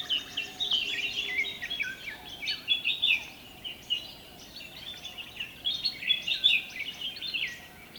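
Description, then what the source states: Bulbuls chattering in a dense, overlapping chorus of short bubbly chirps and warbled notes, continuous throughout with bursts of louder calling, over a faint steady low hum. Several bulbuls, described as cheery.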